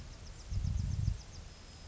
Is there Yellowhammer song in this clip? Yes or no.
yes